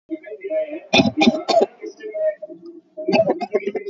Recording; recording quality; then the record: shallow voluntary cough; moderate, slight background noise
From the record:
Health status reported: exposed to COVID-19, no respiratory illness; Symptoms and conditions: none ticked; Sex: male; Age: 24 years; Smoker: not ticked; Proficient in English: yes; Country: India